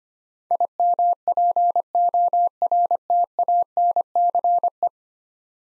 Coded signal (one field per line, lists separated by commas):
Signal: Morse code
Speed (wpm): 25 wpm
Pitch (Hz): 700 Hz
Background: none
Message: IMPORTANCE